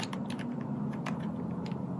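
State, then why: Not seated. The plastic nose trimmer attachment for a Philips Norelco Multigroom 5000 is handled after the previous head is removed, with its tab being put in before pressing it onto the trimmer body. Brief handling ticks sound over a steady low hum. Nothing has seated or clicked yet.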